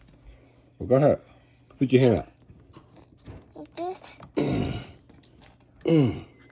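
A child handles a PC component, likely a memory module, at its slot on a motherboard while someone talks, with a few small taps and handling noises between the voices. Nothing has seated or clicked into the slot yet.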